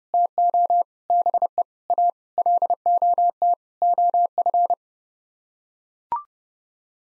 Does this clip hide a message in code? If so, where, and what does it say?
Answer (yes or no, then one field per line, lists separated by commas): yes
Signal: Morse code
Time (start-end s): 0.1-4.7 s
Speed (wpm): 30 wpm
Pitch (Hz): 700 Hz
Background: none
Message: TO BE A LOT OF